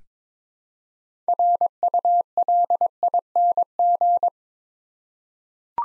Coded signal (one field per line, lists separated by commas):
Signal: Morse code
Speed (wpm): 23 wpm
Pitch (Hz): 700 Hz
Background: none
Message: RULING